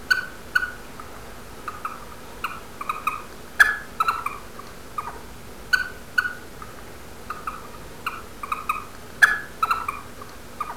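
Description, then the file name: European badger giving many short, sharp squeaks in irregular bursts over a faint steady low hum. Call described as a squeak ("couic"). "Blaireau Couic"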